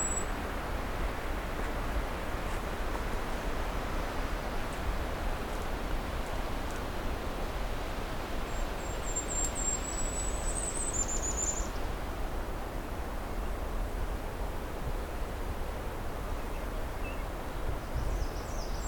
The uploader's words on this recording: Scouting Pine Tree Harbour, Part 2. I’m continuing the hike along the trail north of Pine Tree Harbour, about to come across a cedar swamp with a very different mix of bird species than I’ve been finding around this area.